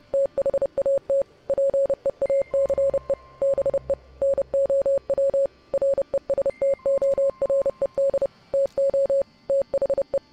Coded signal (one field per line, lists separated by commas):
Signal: Morse code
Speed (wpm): 30 wpm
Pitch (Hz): 550 Hz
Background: music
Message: THAT PEACE BE NOW RESTORED TO THE